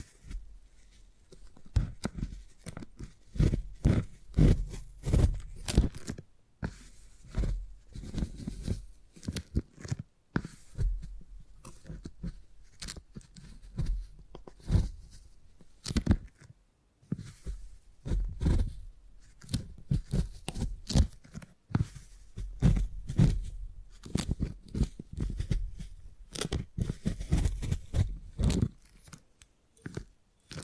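Beeswax being handled and pressed, giving a dense run of short crackling, tearing and crunching sounds that repeat irregularly throughout. The sounds are mostly low and soft with bright crisp edges, broken by a few brief pauses near 6, 16 and 21 seconds.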